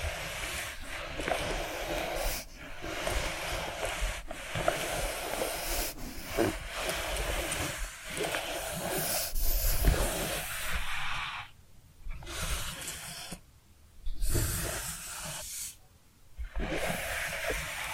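Rapid scratching and tapping, a dense hissy texture broken by brief quiet gaps near 12, 13 and 15 seconds.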